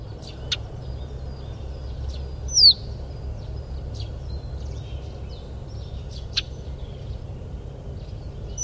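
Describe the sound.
Russet sparrow call: one bright, high descending chirp, with brief clicks and scattered faint bird notes over a constant low background hum.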